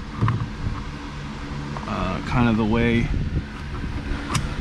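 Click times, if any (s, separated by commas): none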